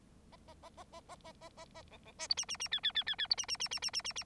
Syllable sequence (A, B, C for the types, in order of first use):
A A A A A A A A A A B B C D E E E F F F F F D E E E E E E E E